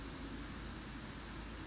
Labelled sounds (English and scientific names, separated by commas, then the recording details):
Brown Creeper (Certhia americana)
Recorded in Sonoma County, California